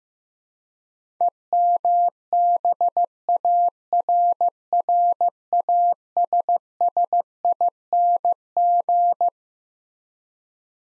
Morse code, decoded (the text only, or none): EMBARRASSING